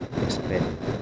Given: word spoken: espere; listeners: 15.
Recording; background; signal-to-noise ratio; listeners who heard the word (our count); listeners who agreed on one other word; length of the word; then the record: one Spanish word in noise, from a listening test; noise modulated by three-talker babble; -3.6 dB; 0 of 15; 9 of 15; 0.62 s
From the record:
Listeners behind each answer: 9, 3, 1, 1, 1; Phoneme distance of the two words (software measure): 20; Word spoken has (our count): 3 syllables, 6 phonemes, stress on syllable 2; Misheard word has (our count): 3 syllables, 6 phonemes, stress on syllable 2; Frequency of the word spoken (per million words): 4.77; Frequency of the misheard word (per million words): 46.13